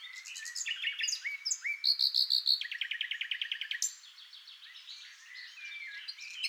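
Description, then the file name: Common nightingale song with a run of pure whistled notes, then a fast repeated rattle and softer trailing phrases. "NIGHTINGALE MIX"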